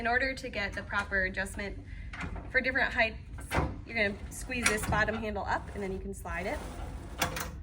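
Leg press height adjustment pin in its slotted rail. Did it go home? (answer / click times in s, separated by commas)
yes / 7.2 s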